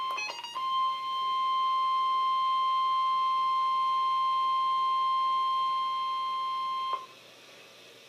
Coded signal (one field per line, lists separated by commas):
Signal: Emergency Alert System (SAME) tones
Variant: 1050 Hz attention tone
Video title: EAS #817 - Special Marine Warning 8-12-2014